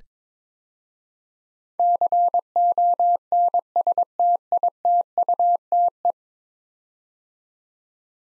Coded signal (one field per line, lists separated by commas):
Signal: Morse code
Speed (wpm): 22 wpm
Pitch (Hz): 700 Hz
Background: none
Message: CONSTITUTE